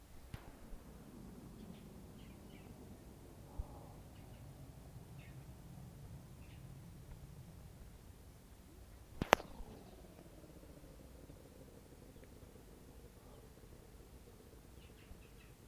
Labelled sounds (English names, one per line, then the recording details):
Jungle Cat call
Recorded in captivity
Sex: male
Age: adult
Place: Tierpark Berlin, Berlin, DE
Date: 1968-01-27 10:00
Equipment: R 20/1, Sennheiser MD 421
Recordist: Tembrock, Günter
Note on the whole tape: Sumpfluchs. Einzelrufe und Rufreihen, dabei Hin- und Herlaufen, häufiges Spritzen. Abstand: 4 m. Aufnahmezeit: 10.00-13.30 Uhr. Anfang der Aufnahme sehr leise